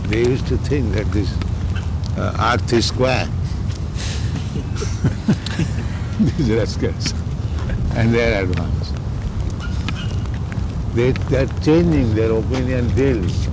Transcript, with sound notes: They used to think that this earth is square, [laughing] these rascals. And they are advanced. They are changing their opinion daily.